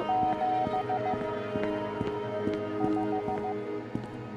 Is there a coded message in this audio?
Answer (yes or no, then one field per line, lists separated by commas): yes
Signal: Morse code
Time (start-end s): 0.1-3.5 s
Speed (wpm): 15 wpm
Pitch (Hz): 750 Hz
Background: music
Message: 7 5